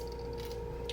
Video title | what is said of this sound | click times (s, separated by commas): C.K. builds a "breathing" LED flasher kit | it clicked in and went completely flat and now it's going to stay | 0.9 s